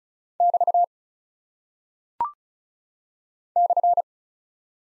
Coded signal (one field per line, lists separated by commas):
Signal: Morse code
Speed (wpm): 36 wpm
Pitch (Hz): 700 Hz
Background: none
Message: <BT> /